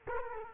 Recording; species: mosquito wingbeat signal from an infrared sensor; Culex quinquefasciatus